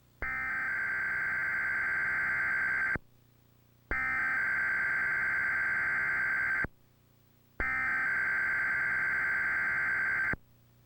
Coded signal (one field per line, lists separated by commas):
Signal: Emergency Alert System (SAME) tones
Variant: header bursts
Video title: Emergency Alert System Required Monthly Test (July 27, 1999)